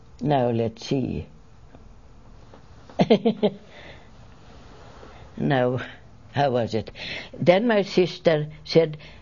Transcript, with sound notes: now let's see. ( she laughs ) Now, how was it? Then my sister said,